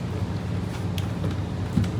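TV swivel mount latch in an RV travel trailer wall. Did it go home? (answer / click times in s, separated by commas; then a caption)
yes / 1.0 s. In a 2024 Flagstaff 25FKBS RV travel trailer, the swing-out TV swivel mount is pushed back against the wall and its travel lock engages with a single sharp click at 1.0 s. A steady low rumble runs underneath, and the mount is locked in place for travel.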